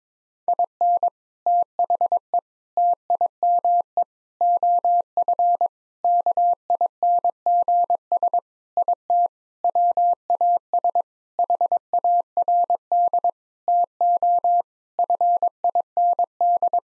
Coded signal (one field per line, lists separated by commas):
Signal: Morse code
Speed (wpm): 22 wpm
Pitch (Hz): 700 Hz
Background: none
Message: IN THE TIME OF KINGS IT WAS HARD TO FIND